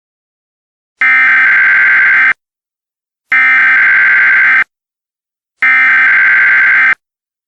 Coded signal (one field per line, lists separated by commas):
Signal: Emergency Alert System (SAME) tones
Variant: header bursts